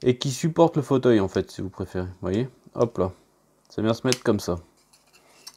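Someone talks, then a plastic seat support piece from an Italeri Iveco Magirus DLK 26-12 scale model fire truck kit is dry-fitted into the truck cab. After a faint tap near 4.9 s, a short click at 5.5 s marks the piece seating, and it fits well.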